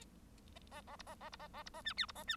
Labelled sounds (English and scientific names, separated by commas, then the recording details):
Bengalese Finch (Lonchura striata domestica) song
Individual Bird1